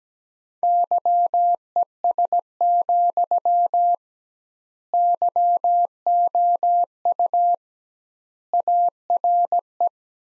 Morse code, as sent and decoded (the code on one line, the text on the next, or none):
-.-- . ... --..-- / -.-- --- ..- / .- .-. .
YES, YOU ARE